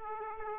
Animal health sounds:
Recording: mosquito wingbeat signal from an infrared sensor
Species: Aedes aegypti

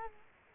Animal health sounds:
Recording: mosquito wingbeat signal from an infrared sensor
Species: Culex quinquefasciatus

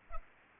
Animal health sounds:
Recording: mosquito wingbeat signal from an infrared sensor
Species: Culex pipiens

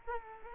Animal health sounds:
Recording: mosquito wingbeat signal from an infrared sensor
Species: Culex quinquefasciatus

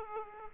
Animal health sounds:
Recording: mosquito wingbeat signal from an infrared sensor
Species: Aedes aegypti

